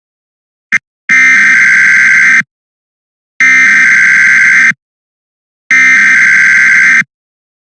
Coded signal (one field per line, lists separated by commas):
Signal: Emergency Alert System (SAME) tones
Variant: header bursts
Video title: EAS 1 (Bad.)